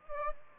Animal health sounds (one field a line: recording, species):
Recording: mosquito wingbeat signal from an infrared sensor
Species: Aedes aegypti